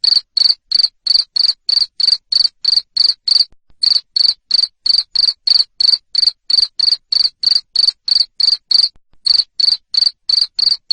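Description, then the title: Cricket chirping loudly, short pulses repeated about three times a second in a steady run, with two brief pauses; no other sounds. Loud chirping of a cricket, played to make lovebirds sing ngekek continuously. "Suara JANGKRIK NGERIK Keras Bikin LOVEBIRD Jadi NGEKEK Terus Vubey"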